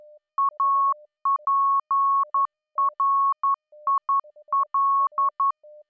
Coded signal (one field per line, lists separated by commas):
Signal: Morse code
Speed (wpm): 11 wpm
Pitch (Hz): 1100 Hz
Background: none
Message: APRIL